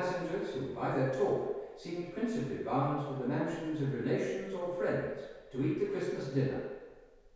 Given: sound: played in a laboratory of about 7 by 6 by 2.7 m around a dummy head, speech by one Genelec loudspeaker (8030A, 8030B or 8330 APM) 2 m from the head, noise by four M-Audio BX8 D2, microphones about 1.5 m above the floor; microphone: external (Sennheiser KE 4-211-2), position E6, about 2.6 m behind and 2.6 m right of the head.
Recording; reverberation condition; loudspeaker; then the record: male speech in English; high; 120 degrees to the left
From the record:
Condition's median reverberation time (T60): about 1300 ms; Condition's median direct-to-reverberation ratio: about -4.0 dB